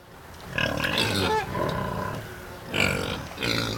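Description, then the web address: Pigs grunting and squealing together, overlapping rough grunts with short high squeals, in several bursts. A herd of pigs. "karlammann. Tierstimmen Schwein rotte"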